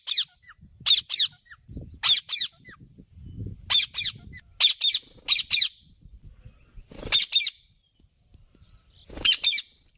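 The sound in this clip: Bird calls: repeated pairs of sharp squeaky squawks at irregular intervals, with faint low rumbling sounds between them.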